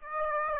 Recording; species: mosquito wingbeat signal from an infrared sensor; Aedes aegypti